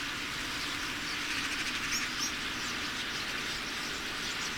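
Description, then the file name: Common starlings calling en masse, a steady hissing chatter of countless birds, with two clear high whistles rising above it midway. About 10,000 starlings coming in to roost. "Common-Starling-10000-Starlings-Come-To-Roost"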